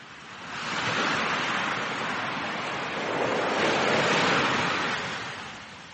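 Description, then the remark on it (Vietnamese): Broad, hissing surf rolls onto a sandy shore in two slow swells, rising and easing back, with a steady wash of foamy noise and no voices. “Tầm quan sát luôn mở rộng 180 độ, cơ động trên xe gắn máy, hết trên đường lộ, lại băng băng trên những bờ cát tràn sóng dỗ.”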